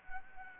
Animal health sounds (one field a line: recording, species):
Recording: mosquito wingbeat signal from an infrared sensor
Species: Anopheles arabiensis